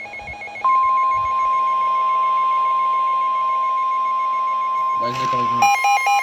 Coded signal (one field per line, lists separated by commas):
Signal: Emergency Alert System (SAME) tones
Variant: 1050 Hz attention tone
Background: speech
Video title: NOAA/EAS #111 severe thunderstorm warning #shorts #noaaweatherradio #fypシ゚viral #jawgwx